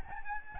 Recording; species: mosquito wingbeat signal from an infrared sensor; Aedes albopictus